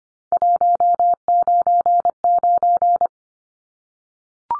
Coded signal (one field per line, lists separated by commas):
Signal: Morse code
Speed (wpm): 25 wpm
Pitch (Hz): 700 Hz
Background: none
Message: 199